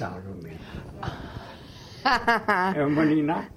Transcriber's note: laughs